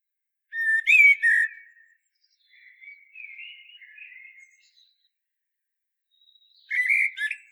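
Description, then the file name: Common blackbird singing a loud fluty phrase, then softer rambling warbles, then a quiet pause and another loud whistled phrase. "Turdus merula"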